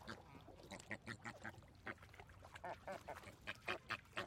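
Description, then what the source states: Flamingo calls, a steady chatter of many short nasal honks overlapping from several birds. Flamingos at a zoo park.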